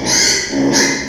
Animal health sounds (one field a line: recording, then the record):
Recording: squeal of a Yucatan mini pig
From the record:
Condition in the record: before surgery on the right vocal fold (resection and tissue-engineered implant)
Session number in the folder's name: 1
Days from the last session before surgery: -3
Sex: male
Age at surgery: 12 weeks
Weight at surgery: 13 kg